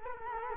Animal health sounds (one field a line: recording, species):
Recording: mosquito wingbeat signal from an infrared sensor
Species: Culex quinquefasciatus